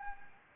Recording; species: mosquito wingbeat signal from an infrared sensor; Anopheles gambiae